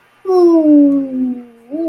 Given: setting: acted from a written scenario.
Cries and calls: vocal sound without words; sadness

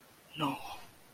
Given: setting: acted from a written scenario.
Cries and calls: vocal sound without words; disappointment

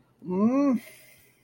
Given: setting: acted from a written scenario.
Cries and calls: vocal sound without words; shame

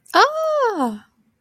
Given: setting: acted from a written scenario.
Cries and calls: vocal sound without words; positive surprise

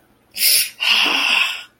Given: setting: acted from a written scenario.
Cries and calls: vocal sound without words; pain

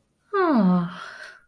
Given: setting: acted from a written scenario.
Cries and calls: vocal sound without words; romantic love

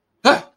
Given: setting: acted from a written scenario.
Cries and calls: vocal sound without words; negative surprise

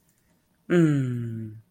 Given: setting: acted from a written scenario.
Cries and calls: vocal sound without words; ecstasy

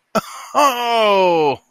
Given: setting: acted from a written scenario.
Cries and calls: vocal sound without words; realization

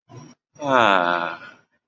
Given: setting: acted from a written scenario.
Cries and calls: vocal sound without words; serenity

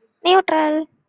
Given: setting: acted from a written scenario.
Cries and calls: vocal sound without words; neutral

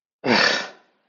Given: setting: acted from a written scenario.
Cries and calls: vocal sound without words; contempt

